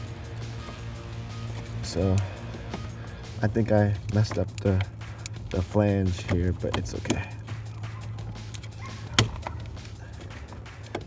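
A SEEKONE OBD2 scanner's plastic connector is pushed into a car's diagnostic port after some fiddling with a trim flange, while someone talks over a steady background hum. A sharp click at 9.2 s marks the plug seating in the port, and it is connected.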